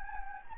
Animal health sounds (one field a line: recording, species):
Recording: mosquito wingbeat signal from an infrared sensor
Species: Anopheles gambiae